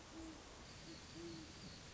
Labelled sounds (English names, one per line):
Great Horned Owl